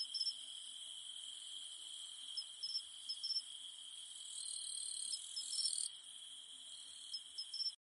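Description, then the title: Cicadas humming in a steady high-pitched drone, with short bright chirps at irregular intervals and a brief swell in loudness midway. Cicadas humming at night in the mountains. "In the mountains at night, only the humming of cicadas remains"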